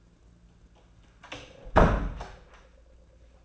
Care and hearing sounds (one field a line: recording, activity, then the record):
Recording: daily activity, microphone in the room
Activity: close door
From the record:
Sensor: 2